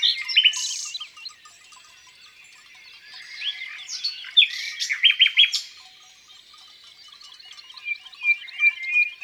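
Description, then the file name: Common nightingale: songbird singing varied phrases: sharp chirps and short bursts, a quieter stretch, then a loud cluster of notes and a repeated series near the end. Singing in the countryside. "Rossignol philomele Chants doiseaux dans la campagne"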